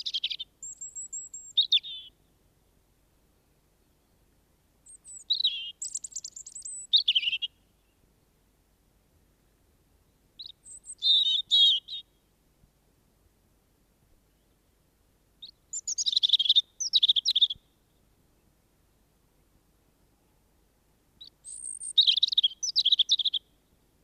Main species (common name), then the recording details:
European Robin. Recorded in the wild. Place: Garmisch-Partenkirchen, Bayern, DE. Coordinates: 47.5203, 11.0819. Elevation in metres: 846. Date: 1971-04-10. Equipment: Nagra IV, Sennheiser MKH 405, Parabolreflektor. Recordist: Tretzel, Erwin